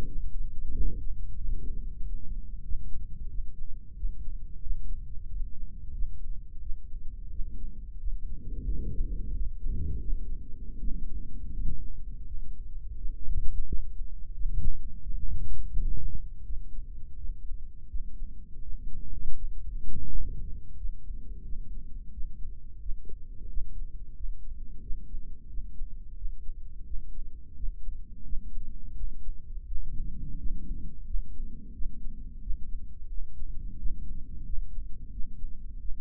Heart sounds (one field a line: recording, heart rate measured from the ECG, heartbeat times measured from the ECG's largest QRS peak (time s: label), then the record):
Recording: heart sounds by microphone in the right ear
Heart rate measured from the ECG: 87 bpm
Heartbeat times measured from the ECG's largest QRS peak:
0.06 s: heartbeat
0.72 s: heartbeat
1.37 s: heartbeat
2.00 s: heartbeat
2.64 s: heartbeat
3.29 s: heartbeat
3.96 s: heartbeat
4.62 s: heartbeat
5.27 s: heartbeat
5.93 s: heartbeat
6.61 s: heartbeat
7.31 s: heartbeat
7.99 s: heartbeat
8.67 s: heartbeat
9.33 s: heartbeat
10.00 s: heartbeat
10.79 s: heartbeat
11.53 s: heartbeat
12.26 s: heartbeat
12.96 s: heartbeat
13.66 s: heartbeat
14.33 s: heartbeat
15.01 s: heartbeat
15.72 s: heartbeat
16.44 s: heartbeat
17.17 s: heartbeat
17.88 s: heartbeat
18.62 s: heartbeat
19.35 s: heartbeat
20.08 s: heartbeat
20.77 s: heartbeat
21.44 s: heartbeat
22.12 s: heartbeat
22.80 s: heartbeat
23.49 s: heartbeat
24.16 s: heartbeat
24.82 s: heartbeat
25.49 s: heartbeat
26.16 s: heartbeat
26.85 s: heartbeat
27.55 s: heartbeat
28.24 s: heartbeat
28.95 s: heartbeat
29.66 s: heartbeat
30.38 s: heartbeat
31.06 s: heartbeat
31.73 s: heartbeat
32.41 s: heartbeat
33.09 s: heartbeat
33.78 s: heartbeat
34.45 s: heartbeat
35.11 s: heartbeat
35.79 s: heartbeat
From the record:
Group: healthy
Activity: rest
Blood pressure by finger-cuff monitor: 171/85 mmHg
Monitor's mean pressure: 105 mmHg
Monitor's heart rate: 88 bpm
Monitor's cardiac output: 9.1 L/min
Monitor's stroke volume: 105 mL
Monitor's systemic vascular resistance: 850 dyn s/cm5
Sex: male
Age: 57 years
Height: 188 cm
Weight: 106 kg